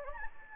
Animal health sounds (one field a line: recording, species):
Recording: mosquito wingbeat signal from an infrared sensor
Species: Anopheles gambiae